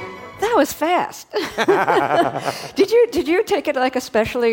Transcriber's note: laughter